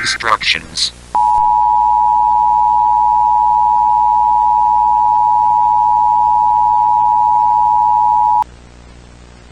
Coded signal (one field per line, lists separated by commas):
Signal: Emergency Alert System (SAME) tones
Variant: 853 and 960 Hz attention tone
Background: speech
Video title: EAS Scenario: The 7 Broken Universes [FULL] [7K SUBS SPECIAL]